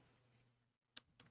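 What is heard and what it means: A hard plastic top flap of a rugged CaseBorne V case for a Galaxy Z Fold 4 folding smartphone is folded over and pressed onto the phone. A sharp tick at 0.97 s marks the flap snapping into place, followed by a softer tick at 1.2 s. The flap is seated.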